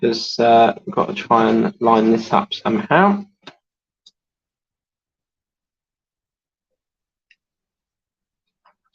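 Someone talks while lining up a plastic part of a Lotus Renault 97T scale model car with its mating model part before pressing it home. After the talking stops, a few faint, short taps of contact are heard at about 3.5, 4.1, 7.3 and 8.7 seconds, separated by near silence. Nothing has seated or clicked into place yet.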